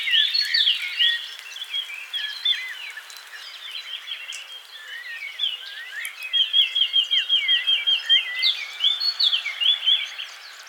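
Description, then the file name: Eurasian blackcap song: jumbled chattering warble, then a loud, fast, evenly repeated note series in the later part. "Sylvia atricapilla"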